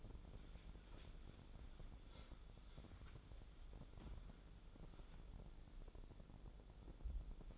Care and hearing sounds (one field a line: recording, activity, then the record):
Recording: daily activity, microphone in the room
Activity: wipe stove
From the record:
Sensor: 5